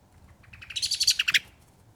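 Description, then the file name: Common blackbird giving a short burst of sharp chattering notes that grow louder and then stop abruptly, over a quiet background. "Turdus merula"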